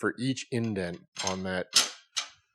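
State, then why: Not seated. Someone talks while handling the adjustment detent on an adjustable dado blade stack, where each indent changes the cut width by about four thousandths. Voiced speech fills most of the clip, with two short bright bursts near 1.8 s and 2.2 s. Nothing has seated or clicked into position yet.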